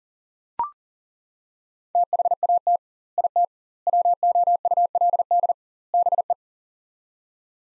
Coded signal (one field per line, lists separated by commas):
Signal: Morse code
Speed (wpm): 40 wpm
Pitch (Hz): 700 Hz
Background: none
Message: THAT IT WOULD BE